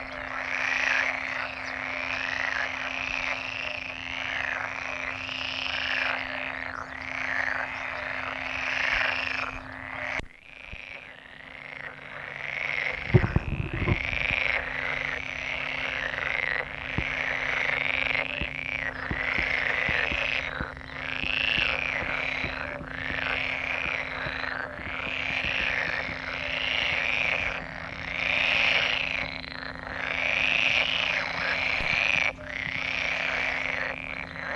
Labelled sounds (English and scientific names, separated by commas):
Pool Frog (Pelophylax lessonae) call